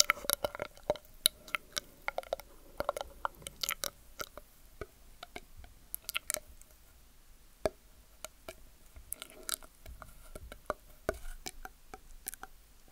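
Wet mouth sounds: sharp clicks and soft squishes arrive in irregular bursts. They crowd together over the first four seconds, thin out through the middle, then cluster again around nine to twelve seconds, with a faint murmur underneath.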